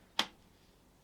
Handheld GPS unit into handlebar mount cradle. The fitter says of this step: which simply snaps into place